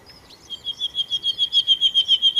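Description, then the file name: Common nightingale singing a rapid row of pure whistled notes, growing louder. "Nachtigall"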